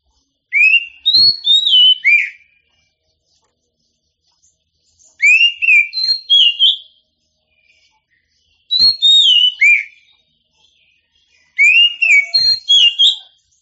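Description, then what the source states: Oriental magpie-robin song: loud, clear whistled phrases rising and falling between notes, delivered in four bursts separated by pauses of about one to two and a half seconds. Champion songbird.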